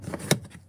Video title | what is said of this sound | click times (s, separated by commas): HOW TO OPEN TOYOTA TUNDRA HOOD. #toyota #toyotatundra #toyotatundrahybrid #car #truck #pickup | okay you hear the click | 0.3 s